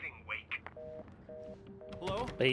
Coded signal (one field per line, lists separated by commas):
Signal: telephone call progress tone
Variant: North America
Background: speech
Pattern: reorder tone